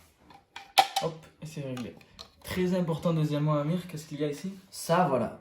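A juicer's filter assembly, which clips together, is put in place inside the juice extractor body. A sharp tick at 0.6 seconds marks it clipping into place. Someone talks over the rest of the clip.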